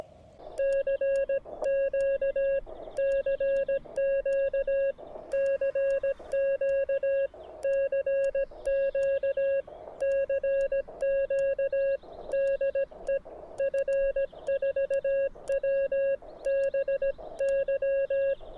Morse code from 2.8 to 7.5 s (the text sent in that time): CQ CQ